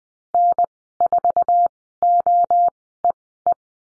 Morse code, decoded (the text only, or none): N4OEE